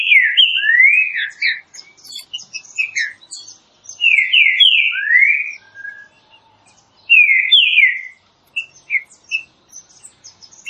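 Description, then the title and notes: Green-winged saltator song: loud phrases of several slurred whistled notes back to back, with busy high-pitched twittering behind. Classic song style (canto clássico) of the green-winged saltator, offered as training material. "Canto Clássico Trinca Ferro TREINAMENTO. trinca fero"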